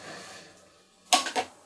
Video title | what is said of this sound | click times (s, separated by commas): Hi, honey... I'm home! - Statue Talk Ep. 34 | With the base, he just snaps into place. | 1.1 s